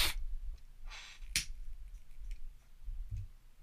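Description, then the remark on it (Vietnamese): A person with the flu gives three quick, breathy sniffles from a stuffy nose, each a short hissing intake of air with brief pauses between, then quiet; no one speaks. “Anh em tôi sụt sịt quá, anh em thông cảm, đừng nghĩ là tôi mất vệ sinh nha, đang cúm sụt sịt quá.”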